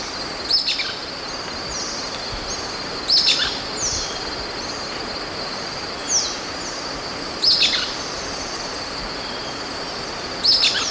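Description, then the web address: Golden-crowned flycatcher calls: short, sharp, squeaky high notes at irregular intervals over a steady high whine and background hiss. Recorded in Ecuador, South America. "Natures Songs S America Birds of Ecuador 44 Golden-crowned Flycatcher"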